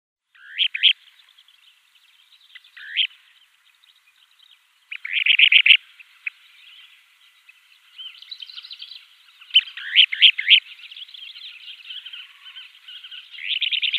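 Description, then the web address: Kentish plover display calls: short sharp notes at first, then rapid rattling trills and a continuous high twittering chatter building toward the end. A pair in flight display. "Schulze Peter Kentish Plover pair flightdisplay"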